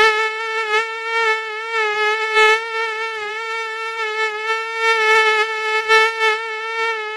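Mosquito buzz, an unbroken high whining drone with many harmonics, pitch wobbling gently while loudness swells and fades.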